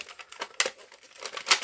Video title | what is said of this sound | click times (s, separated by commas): Blaster mit Rotationstrommel und Spannhebel - Die Nerf Maverick in allen Varianten | Oh, ach, jetzt rastet er ein. | 0.6 s